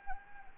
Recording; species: mosquito wingbeat signal from an infrared sensor; Anopheles gambiae